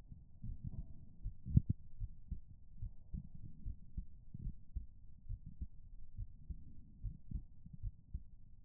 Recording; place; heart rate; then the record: heart sounds by stethoscope; pulmonary valve (PV); 73 bpm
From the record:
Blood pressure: 101/65 mmHg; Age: 28 years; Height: 161 cm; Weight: 56 kg